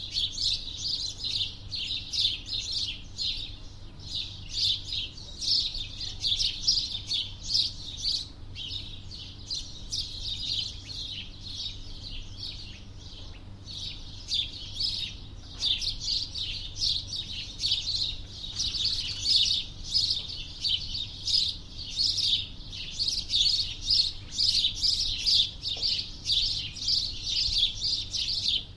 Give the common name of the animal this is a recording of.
House Sparrow